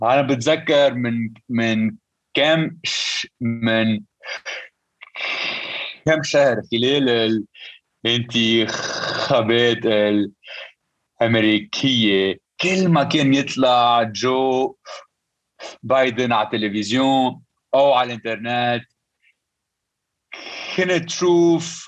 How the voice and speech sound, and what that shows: Lifelong stutterer. Avoiding speaking almost entirely for more than 25 years due to a debilitating stutter.